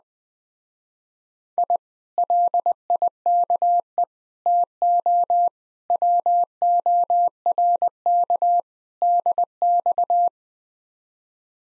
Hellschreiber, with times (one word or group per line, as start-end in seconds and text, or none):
none